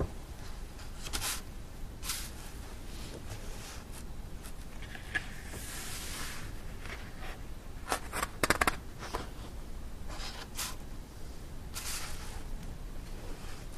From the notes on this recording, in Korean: 책을 넘기는 소리